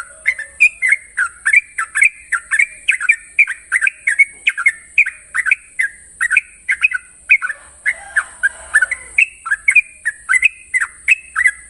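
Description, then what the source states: Yellow-vented Bulbul pouring out a long stream of bubbly, slightly harsh chirps at a fast, fairly steady pace, with a steady high whine behind. Master song in the long-trill style, called 'ropel panjang'.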